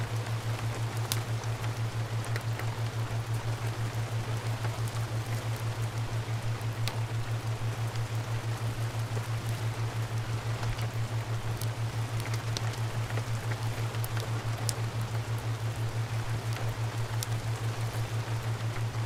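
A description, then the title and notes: Steady rain patters throughout, a dense fizzing layer with scattered sharper drop clicks in the upper range. Beneath it runs a constant low hum with a fast, even pulsing that never varies over the whole stretch. Rain sounds with lovely theta waves.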